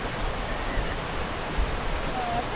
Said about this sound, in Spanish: Tiene que ser en una pequeña cascadita. Una pequeña cascadita.